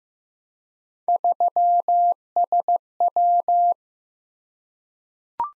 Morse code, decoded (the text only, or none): 3SW